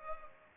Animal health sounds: mosquito wingbeat signal from an infrared sensor; Culex pipiens

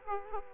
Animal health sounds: mosquito wingbeat signal from an infrared sensor; Aedes aegypti

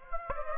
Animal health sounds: mosquito wingbeat signal from an infrared sensor; Aedes aegypti

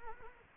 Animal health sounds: mosquito wingbeat signal from an infrared sensor; Anopheles gambiae

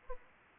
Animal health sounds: mosquito wingbeat signal from an infrared sensor; Aedes aegypti

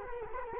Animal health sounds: mosquito wingbeat signal from an infrared sensor; Culex quinquefasciatus

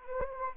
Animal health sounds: mosquito wingbeat signal from an infrared sensor; Anopheles arabiensis

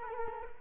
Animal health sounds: mosquito wingbeat signal from an infrared sensor; Culex quinquefasciatus

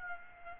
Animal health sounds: mosquito wingbeat signal from an infrared sensor; Aedes aegypti

